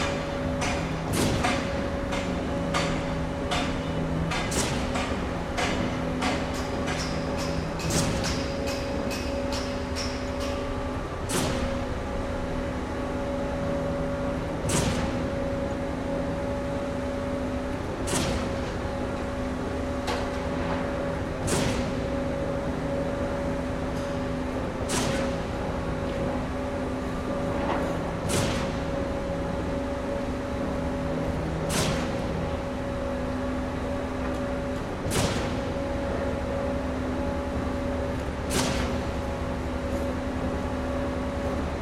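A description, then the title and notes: A massive concrete pump works at the foot of a building, with a steady engine drone and a constant mid-pitched hum. Sharp knocking thuds repeat about every three to four seconds as it strokes, with quicker clatters early on. Concrete Pump. Made from around 50 metres away from the foot of a new building where this massive pump was pushing concrete to the top floor level. Made using the ORTF arrangement with two Schoeps MK4 capsules.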